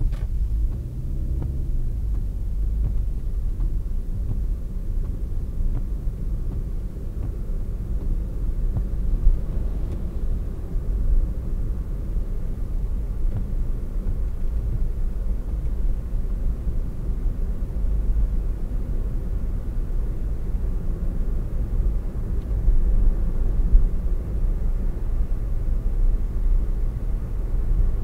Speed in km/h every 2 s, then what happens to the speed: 16, 26, 31, 36, 39, 39, 38, 42, 52, 60, 63, 64, 67, 71.
0-6 speeds up to 36. 6-13 steady at about 38. 13-28 speeds up to 71.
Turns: none.